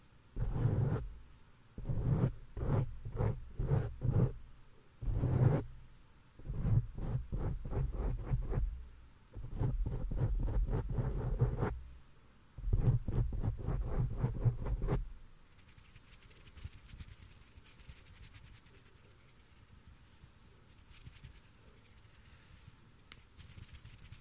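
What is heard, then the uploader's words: Mic touching with hand movements: rapid bursts of soft tapping and rubbing thuds, deep and muffled, arrive in clusters through the first fifteen seconds with short pauses between. Afterward only a faint hiss remains, with a few tiny scattered clicks. ASMR DELICATE HAND MOVEMENTS AND MIC TOUCHING FOR 1 HOUR! ASMR MIC TAPPING, GENTLE ASMR NO TALKING.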